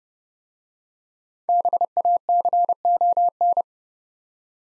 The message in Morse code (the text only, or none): BACON